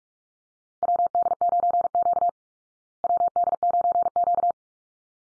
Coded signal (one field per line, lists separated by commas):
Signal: Morse code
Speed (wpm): 44 wpm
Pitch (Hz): 700 Hz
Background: none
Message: WD9Q WD9Q